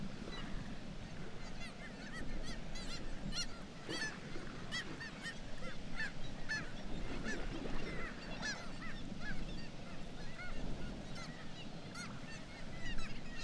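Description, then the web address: Black-legged kittiwake colony noise: dense, overlapping nasal calls, some sharp and clipped, set against a constant deep background wash. "sound Black-legged-kittiwake. صدای-پرنده-کاکایی-پاسیاه"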